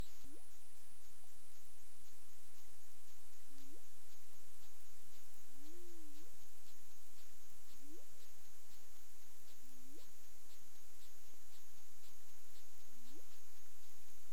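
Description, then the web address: Humpback whale sounds, a series of upswept low notes and one undulating moan ending in a rise, spaced a few seconds apart against constant hiss and ticking background. Recorded 20 February 2022 at 20:27 UTC. "humpback whale 20220220"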